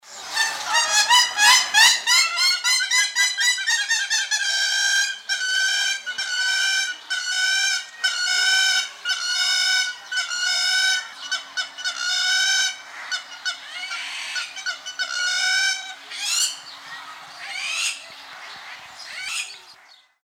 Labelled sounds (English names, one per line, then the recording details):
Hamerkop
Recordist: Tembrock, Günter
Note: Rufe des Weibchens